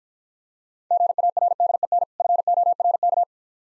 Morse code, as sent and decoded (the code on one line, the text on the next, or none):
--. .- .-. -.. . -. / ..-. --- .-. -.-
GARDEN FORK